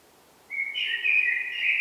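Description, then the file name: Common blackbird with one fluted whistle that swells and carries on without a break. "Turdus merula"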